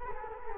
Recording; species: mosquito wingbeat signal from an infrared sensor; Culex quinquefasciatus